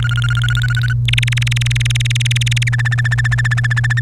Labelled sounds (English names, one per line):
Domestic Canary song